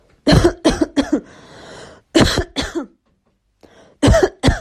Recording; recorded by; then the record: voluntary cough; messaging app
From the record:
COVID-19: negative